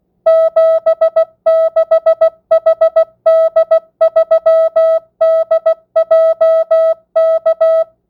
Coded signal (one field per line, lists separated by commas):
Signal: Morse code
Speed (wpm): 16 wpm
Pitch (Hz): 650 Hz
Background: music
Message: 76HD3DJK